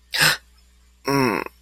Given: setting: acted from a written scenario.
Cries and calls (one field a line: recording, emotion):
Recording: vocal sound without words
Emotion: anger